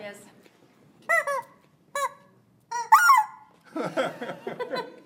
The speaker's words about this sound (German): Ich glaube, wir lassen das mit den Enten. Das sind Hühner, keine Enten.